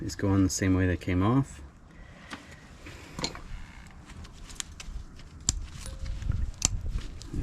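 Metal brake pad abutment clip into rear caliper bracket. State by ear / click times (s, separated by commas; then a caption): seated / 5.5 s, 6.7 s. A new metal brake pad abutment clip is pressed into the rear caliper bracket of a 2019-2024 RAM 1500 pickup truck with an electric parking brake, after silicone was applied to slow corrosion. Someone talks at the start, then soft scrapes and taps follow. Sharp metallic snaps at 5.5 s and 6.7 s mark the clip seating in the bracket.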